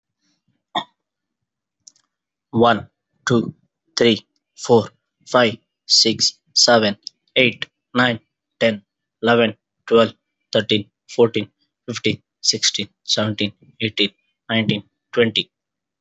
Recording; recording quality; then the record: counting at a normal pace; excellent, no background noise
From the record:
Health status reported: healthy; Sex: male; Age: 27 years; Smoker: yes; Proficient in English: no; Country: India